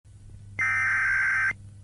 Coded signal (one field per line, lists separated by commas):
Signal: Emergency Alert System (SAME) tones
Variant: header bursts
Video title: Look up. (Eas)